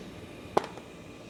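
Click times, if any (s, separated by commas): 0.6 s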